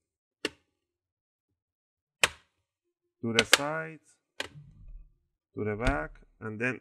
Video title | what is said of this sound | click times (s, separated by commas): Hp Pavilion Gaming 15 Dk - xxx Ram Upgrade, STEP By STEP | open up the screen and you want to pinch the corners just like this and you want to hear those clicks | 0.4 s, 2.2 s